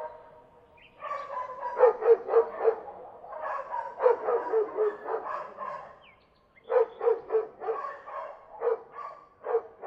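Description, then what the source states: Barking dog: a quiet start, then steady runs of sharp barks, a pause near six seconds, and another run of barks. May 2016.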